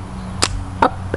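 The release on a Sony compact camera's pop-up electronic viewfinder is pressed, and the finder springs out of the body with a sharp mechanical click at 0.4 s. Two further short clicks follow at about 0.8 s and 1.1 s over a low steady hum. The viewfinder is released and open.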